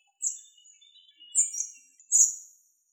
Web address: Muscicapa striata